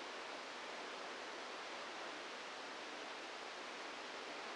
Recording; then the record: brain microelectrode recording played as sound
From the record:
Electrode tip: inside the subthalamic nucleus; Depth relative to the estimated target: 1 mm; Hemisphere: left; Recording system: NeuroSet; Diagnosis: Parkinson's disease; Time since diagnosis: 27 years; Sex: male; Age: 62 years